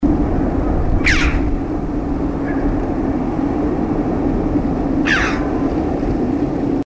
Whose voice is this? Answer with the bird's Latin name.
Pyrrhocorax pyrrhocorax